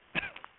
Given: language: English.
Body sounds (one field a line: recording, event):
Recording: throat vibration sensor signal played as sound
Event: cough